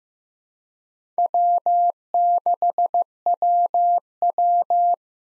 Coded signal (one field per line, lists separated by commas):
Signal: Morse code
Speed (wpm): 16 wpm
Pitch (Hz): 700 Hz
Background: none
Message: W6WW